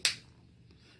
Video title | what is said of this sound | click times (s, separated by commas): Unbox, Setup, & Installing COBB AP3 | hear the click and now the new faceplates on | 0.1 s